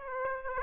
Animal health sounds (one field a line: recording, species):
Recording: mosquito wingbeat signal from an infrared sensor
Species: Aedes aegypti